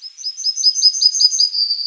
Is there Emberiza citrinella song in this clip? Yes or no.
yes